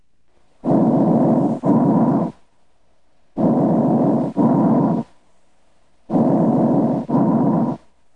Bronchovesicular breath sounds are heard over areas between the mainstem bronchi and the smaller airways. The pitch and duration of these breath sounds are midway between the pitch and duration of tracheal and mainstem bronchial breath sounds and normal breath sounds heard over other chest wall areas. Bronchovesicular breath sounds are heard during inspiration and expiration for equal amounts of time.